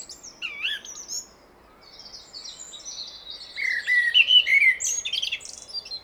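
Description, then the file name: Common blackbird: quiet warbled notes, then a louder run of mellow fluting whistles with squeaky high flourishes toward the end. "Turdus merula"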